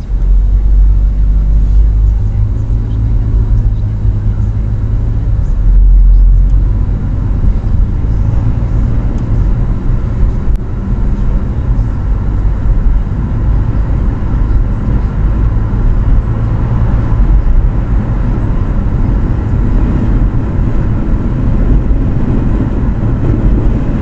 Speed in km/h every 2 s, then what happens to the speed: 15, 19, 25, 32, 37, 40, 44, 47, 50, 49, 49, 48.
0-15 speeds up to 50. 15-24 steady at about 49.